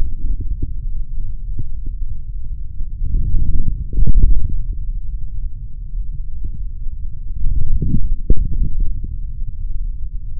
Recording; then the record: forearm muscle sounds (acoustic myography)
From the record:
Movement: forearm pronation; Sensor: system 3, bracelet of six PUI Audio POM-2738L microphones around the upper forearm, with dedicated amplification and filtering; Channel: 2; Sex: male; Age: 26 years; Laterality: right